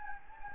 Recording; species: mosquito wingbeat signal from an infrared sensor; Anopheles gambiae